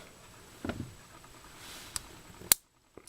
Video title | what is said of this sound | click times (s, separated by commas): CRKT M16 01 KZ: Light N' Fast EDC | snaps into place keeps the liner from going to the side and it's a really strong design so | 2.5 s